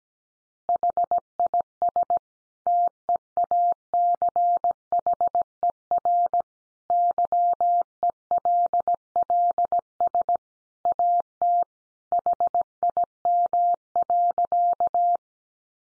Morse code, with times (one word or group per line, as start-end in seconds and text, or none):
0.7-2.2 HIS
2.7-6.4 TEACHER
6.9-10.4 YELLS
10.9-11.6 AT
12.1-15.2 HIM.